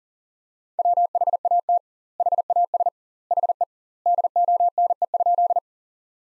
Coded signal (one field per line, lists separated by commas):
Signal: Morse code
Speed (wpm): 40 wpm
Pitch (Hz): 700 Hz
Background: none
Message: WHAT HAS HE DONE?